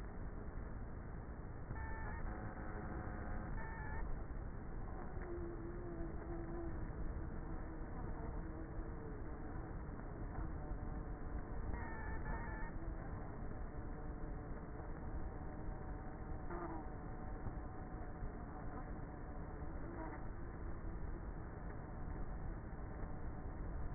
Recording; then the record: honeybee colony, microphone inside the hive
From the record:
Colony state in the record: queenless with a low population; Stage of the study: before two queens were removed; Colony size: about 30,000 bees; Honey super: no